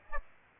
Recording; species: mosquito wingbeat signal from an infrared sensor; Aedes aegypti